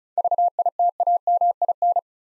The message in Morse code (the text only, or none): VITAMIN